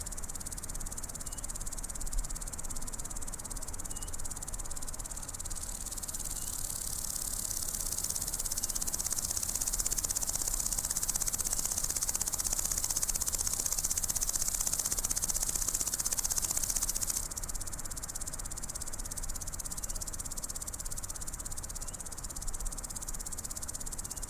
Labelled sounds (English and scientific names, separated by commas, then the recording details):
Common Green Grasshopper (Omocestus viridulus) stridulation
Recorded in the wild
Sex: male
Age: imago
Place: Ose, Setesdal, NO
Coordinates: 58.9436, 7.69222
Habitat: meadow
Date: 1992-08-08 17:50
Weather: sunny, 22°C
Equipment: Sony WM-D6C, Sennheiser ME 80, K 30 AV
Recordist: Frommolt, Karl-Heinz